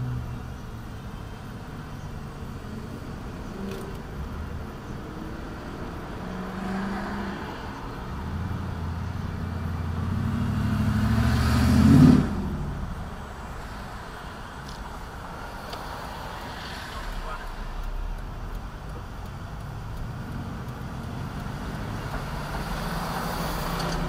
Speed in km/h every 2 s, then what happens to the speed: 0, 0, 0, 0, 0, 0, 0, 0, 0, 0, 6, 11.
0-19 standing. 19-21 pulls away to 11.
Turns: none.